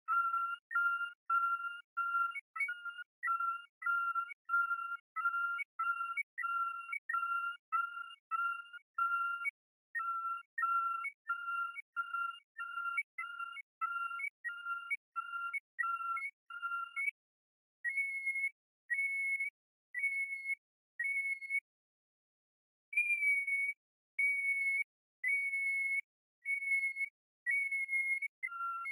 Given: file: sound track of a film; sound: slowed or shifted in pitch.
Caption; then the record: Rat transitioning from emitting long 22-kHz calls to emitting 44-kHz calls. Included below the video of the fear conditioning training session is a synchronized recording of a spectrogram generated using SASlab Pro (version 5.2.xx, Avisoft Bioacoustics, Germany). Audio was added post-recording after synchronizing the video and audio files and converting the frequency of the sounds to audible range using ‘change pitch’ function in Audacity 2.4.2 (Muse Group, Cyprus).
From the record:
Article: Male rats emit aversive 44-kHz ultrasonic vocalizations during prolonged Pavlovian fear conditioning